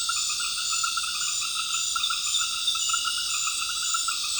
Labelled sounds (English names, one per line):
none